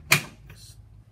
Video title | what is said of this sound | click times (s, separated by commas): RSK- iMPB1 (for iMPB Tap Off Boxes by E&I Engineering) | uses a milwaukee m18 battery lithium rechargeable slides up and locks into place | 0.1 s